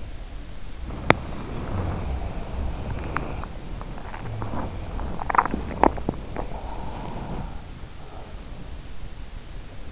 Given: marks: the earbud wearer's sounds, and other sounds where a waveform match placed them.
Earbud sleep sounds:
sounds in sleep by an in-ear microphone; body movement, teeth grinding
0.00-8.67 s: body movement
0.68-1.41 s: teeth grinding
5.32-6.48 s: teeth grinding

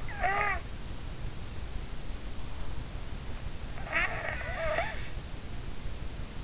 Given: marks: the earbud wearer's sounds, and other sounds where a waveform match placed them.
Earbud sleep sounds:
sounds in sleep by an in-ear microphone; snoring breath
0.00-0.61 s: snoring breath
3.80-5.22 s: snoring breath

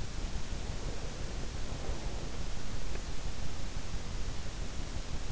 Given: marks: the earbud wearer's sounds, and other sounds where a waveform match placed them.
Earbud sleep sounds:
sounds in sleep by an in-ear microphone; breath
0.72-2.68 s: breath

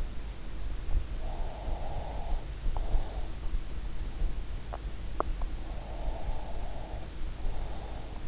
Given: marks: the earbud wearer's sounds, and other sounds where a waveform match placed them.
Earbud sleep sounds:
sounds in sleep by an in-ear microphone; breath
1.12-3.27 s: breath
4.72-8.28 s: sound from someone else or the room
5.58-8.28 s: breath

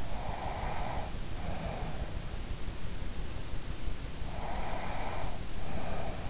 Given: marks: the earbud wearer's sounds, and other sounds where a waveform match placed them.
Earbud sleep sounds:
sounds in sleep by an in-ear microphone; snoring breath, breath
0.08-2.07 s: snoring breath
4.20-6.30 s: breath

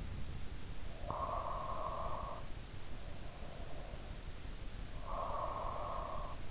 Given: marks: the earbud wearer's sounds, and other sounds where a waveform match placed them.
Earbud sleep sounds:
sounds in sleep by an in-ear microphone; snoring breath
0.86-4.00 s: snoring breath
5.00-6.43 s: snoring breath

